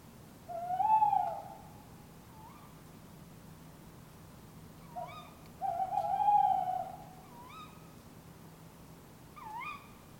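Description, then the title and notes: Tawny owls calling: two long steady hoots a few seconds apart, with shorter rising, wavering notes around them. Two tawny owls calling in an urban setting in Surrey, England; recorded from a bedroom window with a Sony D100. "Urban Tawny Owls. Couple of Tawny Owls calling, Surrey, England"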